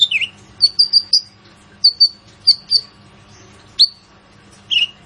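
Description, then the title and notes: Purple-throated sunbird song: short thin whistled notes, singly, in pairs and in a triplet, separated by brief pauses, with lower notes at the start and end. Training recording (masteran) for songbirds, full of fill phrases (isian) and bursts (tembakan), meant to draw out song from other birds; described as an actively singing bird (gacor). "MASTERAN KOLIBRI NINJA FULL ISIAN DAN TEMBAKAN COCOK BUAT PANCINGAN. Suara Burung Kolibri Ninja Gacor"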